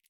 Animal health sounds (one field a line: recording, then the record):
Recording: hydrophone in a shrimp aquaculture tank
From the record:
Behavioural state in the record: feeding